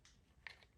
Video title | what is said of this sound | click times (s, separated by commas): How to Replace BMW Tail Light Bulbs | there's the other one popped into place now | 0.5 s